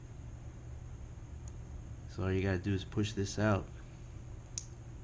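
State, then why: Released. Someone talks while pushing the hinged side door cover on a GoPro Hero 6 Black action camera body outward. A faint tick is heard at 1.5 s, then a sharp click at 4.6 s as the side door clicks open and is released.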